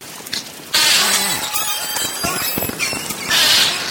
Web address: valaat beluga